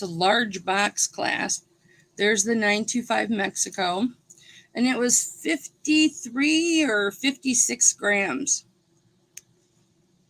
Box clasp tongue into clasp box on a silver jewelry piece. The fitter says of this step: did you hear that click see it's not it's not coming out listen